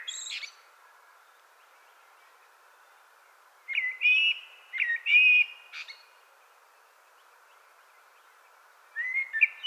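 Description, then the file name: Common blackbird song in short bursts: fluty whistled notes followed by scratchy high twitters, with quiet gaps between the phrases. "Turdus merula"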